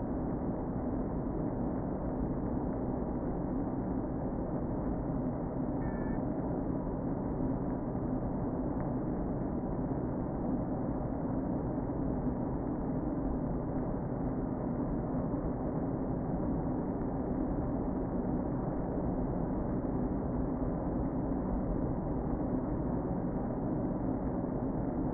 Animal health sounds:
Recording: honeybee colony, microphone inside the hive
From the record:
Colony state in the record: queen present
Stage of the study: before two queens were removed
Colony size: about 60,000 bees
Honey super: yes

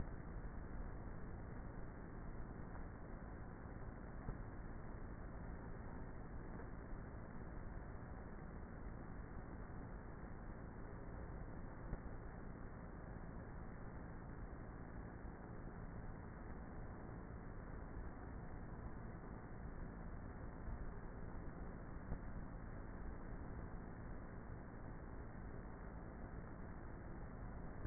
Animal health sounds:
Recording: honeybee colony, microphone inside the hive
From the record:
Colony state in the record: queenless with a low population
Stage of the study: before two queens were removed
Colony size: about 30,000 bees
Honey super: no

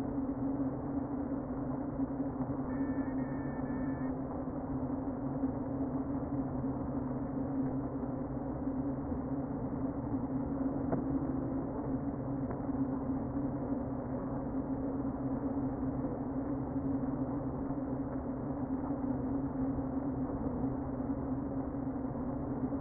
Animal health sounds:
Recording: honeybee colony, microphone inside the hive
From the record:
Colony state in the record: queen present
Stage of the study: before two queens were removed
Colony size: about 60,000 bees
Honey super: yes

